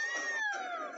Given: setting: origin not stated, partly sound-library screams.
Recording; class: one-second piece from a danger detection set; woman in danger